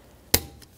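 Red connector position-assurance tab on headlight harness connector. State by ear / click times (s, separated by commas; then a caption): seated / 0.3 s. The red plastic position-assurance locking tab on the headlight harness connector of a 2007-2017 Jeep Patriot 2.4L L4 is pushed down, a job that may need a screwdriver. A single sharp snap sounds at 0.3 s, followed by a faint tick at 0.6 s. The tab locks the connector in place.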